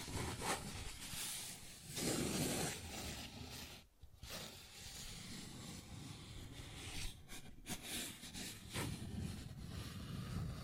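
A paper bag is scratched and rubbed almost without pause, making a dense, crackly rustle with louder swells around two seconds. The noise drops out briefly near four seconds, and short gaps and sharper taps break it up between seven and nine seconds.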